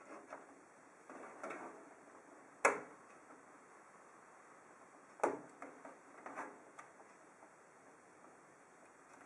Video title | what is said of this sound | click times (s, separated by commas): Build Your Own PC: Step 4 - How to install DDR3 Memory | will hear a click as both clips on the memory socket snaps into place repeat the same process for the second module please | 2.7 s, 5.2 s